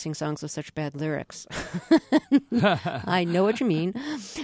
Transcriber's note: laughter